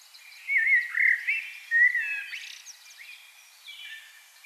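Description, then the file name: Common blackbird with a short run of warbled, looping whistles followed by thin high twitters, then fading out. "Turdus merula"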